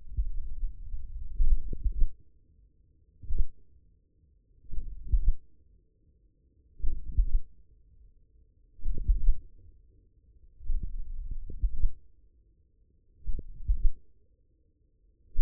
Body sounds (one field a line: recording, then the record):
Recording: forearm muscle sounds (acoustic myography)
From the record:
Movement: finger pinch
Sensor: system 1, eight BSWA MPA416 microphones around the upper forearm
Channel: 5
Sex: male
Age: 54 years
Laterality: right